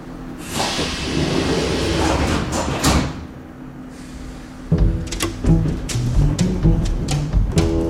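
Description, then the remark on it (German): A subway (U-Bahn) train runs, heard from inside a sparsely occupied car in the late morning, with a steady low rumble and airy hiss, broken by metallic clanks; partway through, louder rattling sets in alongside thin, squealing tones. No one speaks. “U-Bahn-Waggon innen. Spärlich besetzt. Später Vormittag. Geräusch des fahrenden Zuges.”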